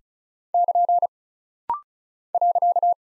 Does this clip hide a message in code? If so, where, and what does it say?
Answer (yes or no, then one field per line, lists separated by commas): yes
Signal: Morse code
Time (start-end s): 0.5-2.9 s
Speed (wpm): 36 wpm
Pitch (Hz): 700 Hz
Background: none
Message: <KN> .